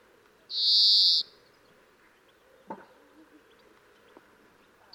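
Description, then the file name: European greenfinch making one harsh, nasal, buzzy wheeze lasting under a second, then a quiet background. "Chloris chloris"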